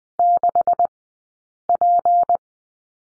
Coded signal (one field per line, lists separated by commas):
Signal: Morse code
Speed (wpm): 20 wpm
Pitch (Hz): 700 Hz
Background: none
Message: 6P